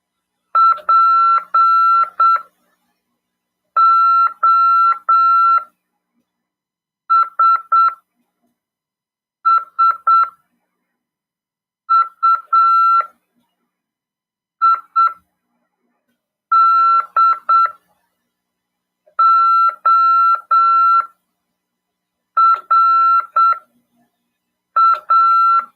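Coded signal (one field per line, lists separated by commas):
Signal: Morse code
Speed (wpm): 7 wpm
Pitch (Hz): 1350 Hz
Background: none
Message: POSSUIDORA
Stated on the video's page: Morse code (CW) lesson in an amateur radio class, broadcast on FM 146.410 MHz.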